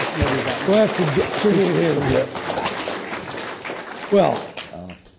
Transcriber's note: applause